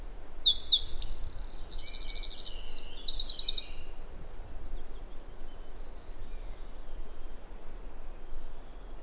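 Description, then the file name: Eurasian wren song in the opening four seconds: shrill rapid trills and chattering phrases, then quiet with only low steady background noise. "Troglodytes troglodytes"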